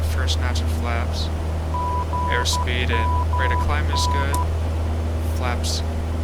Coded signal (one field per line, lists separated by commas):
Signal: Morse code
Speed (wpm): 12 wpm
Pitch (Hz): 990 Hz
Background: speech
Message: GMN